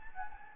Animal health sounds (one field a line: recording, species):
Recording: mosquito wingbeat signal from an infrared sensor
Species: Anopheles gambiae